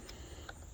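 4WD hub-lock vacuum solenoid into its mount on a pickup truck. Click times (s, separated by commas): 0.5 s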